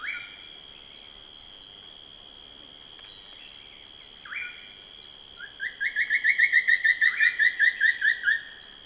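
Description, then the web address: Buff-throated woodcreeper song: a quick run of ringing whistled notes falling slightly in pitch, preceded by a few single notes, over a continuous high drone. "chants xiphorhynchus guttatus"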